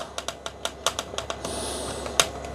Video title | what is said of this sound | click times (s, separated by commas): Bell Super DH Spherical MIPS MTB Helmet - Unboxing #bellhelmets #bellhelmet #mips #cycling | then you just push it until you hear a click. | 2.2 s